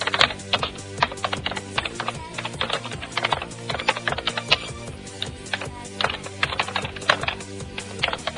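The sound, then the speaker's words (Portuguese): Rapid, continuous typing on a computer keyboard, a dense stream of sharp plastic key clicks with occasional heavier strokes, lasting the whole stretch with no one speaking. “Imagina se a gente estivesse digitando aqui direto, olha só que chato.”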